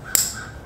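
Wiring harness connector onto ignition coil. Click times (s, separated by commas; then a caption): 0.1 s. A wiring harness electrical connector is pushed onto an ignition coil and clicks into place with a single sharp click at 0.2 s. The click rises suddenly above a faint background hiss and fades quickly, confirming the connector is seated.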